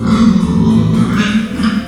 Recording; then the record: squeal of a Yucatan mini pig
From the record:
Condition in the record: after surgery on the right vocal fold (resection and tissue-engineered implant); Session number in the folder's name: 13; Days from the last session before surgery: 113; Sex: female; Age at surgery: 19 weeks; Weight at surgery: 25 kg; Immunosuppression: prednisolone